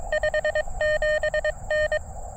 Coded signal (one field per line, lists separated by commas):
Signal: Morse code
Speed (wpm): 24 wpm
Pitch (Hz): 600 Hz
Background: none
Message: 57N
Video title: Quick CW POTA at US-4567 with the Elecraft KX2 and Gabil GRA 7350TC antenna